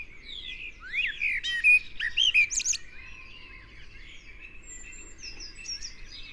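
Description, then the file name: Eurasian blackbird giving one short mellow warbling phrase topped by high thin notes, followed by quieter bird chatter. "Turdus merula"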